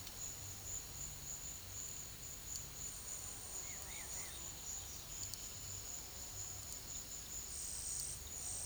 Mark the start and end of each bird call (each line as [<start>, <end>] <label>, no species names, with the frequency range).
[3.54, 4.46] bird call (1.2-2.9 kHz)